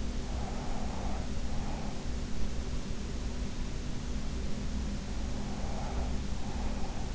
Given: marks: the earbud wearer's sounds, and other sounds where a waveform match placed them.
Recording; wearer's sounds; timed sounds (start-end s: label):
sounds in sleep by an in-ear microphone; breath
0.20-2.09 s: breath
5.43-7.15 s: breath